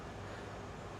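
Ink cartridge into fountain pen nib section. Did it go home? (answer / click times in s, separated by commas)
no / none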